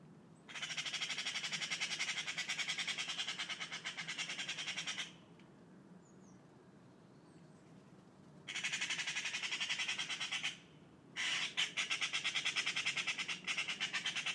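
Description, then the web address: Bird giving long, harsh rattling calls: a burst lasting over four seconds, then a two-second burst and a broken three-second series of rapid buzzy pulses. "cianscape birddata Deverinetal 2025 Bird Only More Classes Pi Pi Pi Pi"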